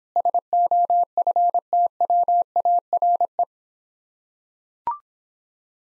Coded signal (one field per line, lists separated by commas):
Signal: Morse code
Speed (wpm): 26 wpm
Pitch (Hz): 700 Hz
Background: none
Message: SOFTWARE